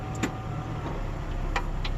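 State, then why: Seated. An automatic locking hub on a truck's front axle engages as four-wheel drive is switched on, over a steady low vehicle rumble. A few sharp ticks sound, with the hub clicking in at 1.6 s. It is now locked in.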